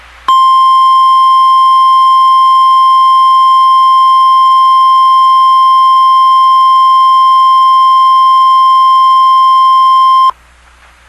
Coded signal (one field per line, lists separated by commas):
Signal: Emergency Alert System (SAME) tones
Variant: 1050 Hz attention tone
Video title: Japan Emergency Alert System